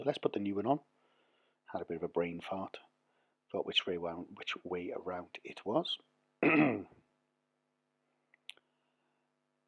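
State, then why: Seated. Someone talks, then a new rear wiper blade for a Smart Car (453) is pushed onto the pin of the rear wiper arm as a push fit. A short, sharp click at 8.5 s, with faint ticks just before and after, marks the blade seating home on the arm.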